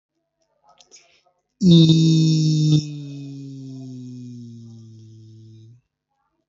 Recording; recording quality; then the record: sustained vowel as in beet; excellent, no background noise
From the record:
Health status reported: healthy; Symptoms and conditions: none ticked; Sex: male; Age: 25 years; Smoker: not ticked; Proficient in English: yes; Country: India